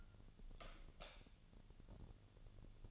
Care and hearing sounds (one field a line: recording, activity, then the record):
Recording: daily activity, microphone in the room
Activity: light off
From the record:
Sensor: 4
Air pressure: 1000.8 hPa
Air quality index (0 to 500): 126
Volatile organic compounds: 1 ppm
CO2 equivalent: 947 ppm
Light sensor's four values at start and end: 40/102/42/47 and 38/92/39/42